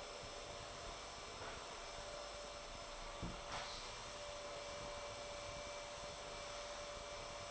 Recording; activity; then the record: daily activity, microphone in the room; vacuum cleaning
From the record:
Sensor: 5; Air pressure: 1007.8 hPa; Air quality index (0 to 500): 95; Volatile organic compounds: 1 ppm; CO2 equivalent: 748 ppm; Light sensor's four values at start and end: 36/85/35/35 and 36/85/34/34